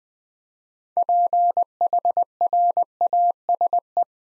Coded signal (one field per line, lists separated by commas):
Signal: Morse code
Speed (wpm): 20 wpm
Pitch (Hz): 700 Hz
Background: none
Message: PHRASE